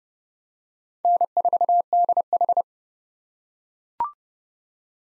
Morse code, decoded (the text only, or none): N4DH